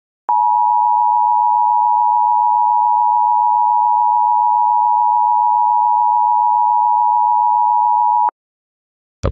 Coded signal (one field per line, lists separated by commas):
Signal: Emergency Alert System (SAME) tones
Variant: 853 and 960 Hz attention tone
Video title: EAS Reenactment Mock: 2018 National Periodic Test - 10/03/2018